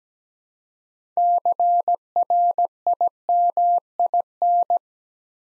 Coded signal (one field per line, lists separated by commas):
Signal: Morse code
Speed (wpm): 17 wpm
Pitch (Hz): 700 Hz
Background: none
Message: CRIMIN